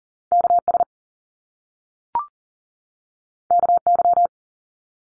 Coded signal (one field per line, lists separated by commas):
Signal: Morse code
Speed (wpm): 38 wpm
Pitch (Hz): 700 Hz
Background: none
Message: KS KY